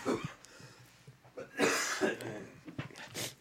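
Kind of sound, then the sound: human body sound, coughing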